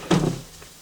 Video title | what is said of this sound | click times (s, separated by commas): Howdens kitchen drawers assembly | slides in and you'll hear it click like | 0.1 s